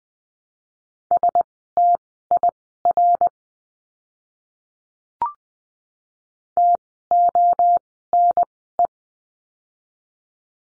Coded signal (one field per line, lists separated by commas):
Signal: Morse code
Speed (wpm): 20 wpm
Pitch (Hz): 700 Hz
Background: none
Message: STIR TONE